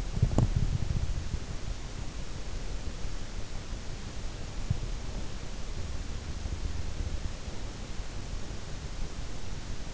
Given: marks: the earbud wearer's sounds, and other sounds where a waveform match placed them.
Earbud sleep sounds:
sounds in sleep by an in-ear microphone; body movement
0.00-1.33 s: body movement

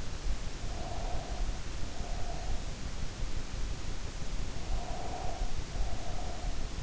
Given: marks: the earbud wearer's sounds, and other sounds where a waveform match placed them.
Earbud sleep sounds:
sounds in sleep by an in-ear microphone; breath
0.68-2.82 s: breath
4.67-6.72 s: breath

